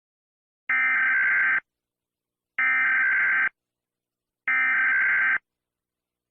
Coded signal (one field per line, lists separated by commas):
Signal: Emergency Alert System (SAME) tones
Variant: header bursts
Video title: EAS Short Scenario 13 - The Garden Goes Decay